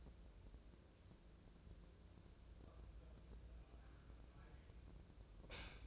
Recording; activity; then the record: daily activity, microphone in the room; wipe stove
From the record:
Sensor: 2